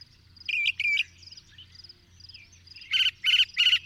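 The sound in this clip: Bird calls: two brief notes early, soft twittering, then three loud buzzy chirps in quick succession near the end.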